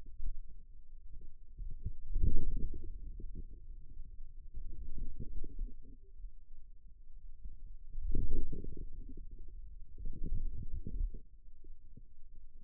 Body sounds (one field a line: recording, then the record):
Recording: forearm muscle sounds (acoustic myography)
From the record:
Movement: wrist extension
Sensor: system 2, bracelet of six BSWA MPA416 microphones around the upper forearm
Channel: 6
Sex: male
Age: 22 years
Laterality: right